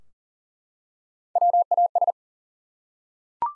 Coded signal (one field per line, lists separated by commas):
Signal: Morse code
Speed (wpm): 40 wpm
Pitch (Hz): 700 Hz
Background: none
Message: WAS